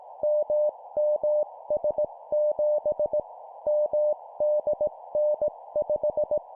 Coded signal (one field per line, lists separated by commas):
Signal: Morse code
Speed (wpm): 18 wpm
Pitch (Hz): 600 Hz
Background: none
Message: MMS7 MDN5